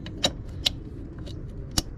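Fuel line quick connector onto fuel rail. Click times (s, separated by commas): 0.7 s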